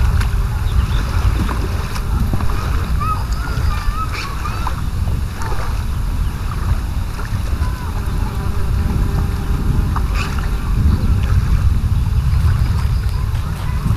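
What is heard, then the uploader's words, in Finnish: A summer sandy beach after rain, dominated by a steady, dense low rumble of wind and lapping water that barely changes over the whole stretch. A few faint bird calls rise briefly near the start, with scattered light knocks and ticks. Kesäpäivä Lauttasaaressa. Äänimatka aurinkoiselle hiekkarannalle, sateen jälkeen. Teos on binauraalinen.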